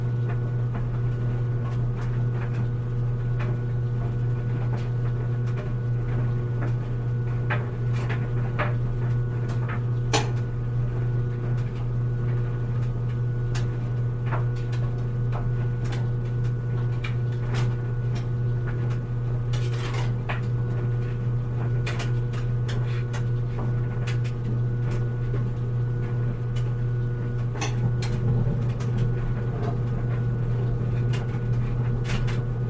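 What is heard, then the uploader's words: A clothes dryer runs on high with a steady low drone and a constant hum, its level unchanging throughout. Light ticks and soft knocks from tumbling items land irregularly, with a sharper click near ten seconds and a brief rattle around twenty seconds. A tumbling , rolling, soothing clothes dryer; set on high. The droning white noise of a dryer. Raw audio: Focusrite Scarlett CM25, Focusrite Scarlett 2i2 Audio interface.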